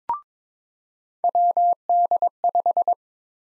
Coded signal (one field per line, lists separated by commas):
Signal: Morse code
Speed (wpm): 22 wpm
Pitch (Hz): 700 Hz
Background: none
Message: WD5